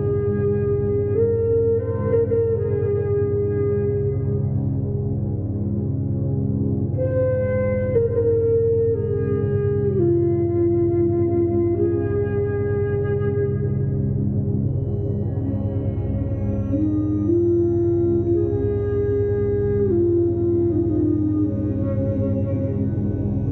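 Morning binaural beats hum as a steady, dense low drone, with a brighter tone above stepping slowly between pitches every few seconds.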